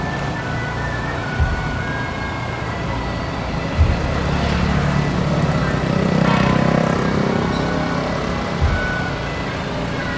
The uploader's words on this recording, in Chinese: 城隍暗訪隊，經豬屠口協天宮。傍晚時刻。金屬坐騎，和把人裝在裡面移動的四輪箱型物體，短時間內大量出現在路上，伴隨而來的聲音從下午的不時掃過，變成一大片連續轟鳴。地點 Location : 協天宮。